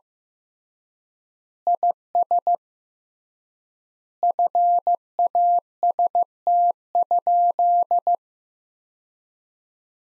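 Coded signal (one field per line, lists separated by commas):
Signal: Morse code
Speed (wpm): 15 wpm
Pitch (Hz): 700 Hz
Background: none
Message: IS FAST?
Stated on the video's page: Morse practice sentences from the top 400 words at 15 wpm with 3x standard word spacing, a method analogous to Farnsworth.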